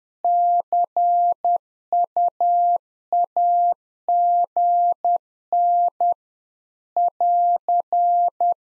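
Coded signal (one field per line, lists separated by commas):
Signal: Morse code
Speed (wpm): 10 wpm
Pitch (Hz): 700 Hz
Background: none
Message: CUAGN <AR>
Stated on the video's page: Practice QSO ending segment (pleasantries, 73) at 10 wpm for head-copy, sent in Morse, then spoken, then sent again; used in CW club QSO classes.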